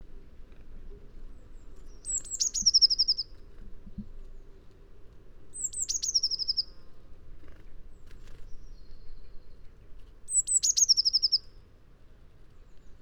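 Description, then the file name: Eurasian blue tit giving three high, thin phrases, each a sharp descending note into a quick trill, repeated about every four seconds over faint low rumble. "Cyanistes caeruleus"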